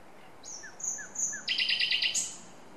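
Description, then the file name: Common nightingale song: high sustained whistles, then a fast rattling trill of repeated notes and a final bright burst. "Luscinia megarhynchos"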